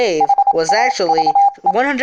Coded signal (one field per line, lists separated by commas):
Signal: Morse code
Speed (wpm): 27 wpm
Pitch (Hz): 800 Hz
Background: speech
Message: HAVE